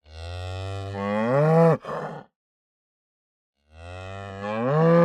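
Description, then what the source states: Cow mooing, a long low moo rising in pitch then breaking off, a short pause of silence, then another rising moo begins. Aggressive, slow moo.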